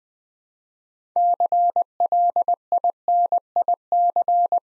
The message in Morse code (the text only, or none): CLINIC